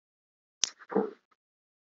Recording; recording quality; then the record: sustained vowel as in boot; poor, much background noise or distortion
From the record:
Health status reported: recovered from COVID-19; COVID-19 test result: positive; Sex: male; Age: 27 years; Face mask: worn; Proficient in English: yes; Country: India